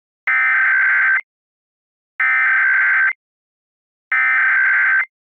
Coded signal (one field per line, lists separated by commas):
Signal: Emergency Alert System (SAME) tones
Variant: header bursts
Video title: The Final Hours [Majora's Mask EAS Scenario]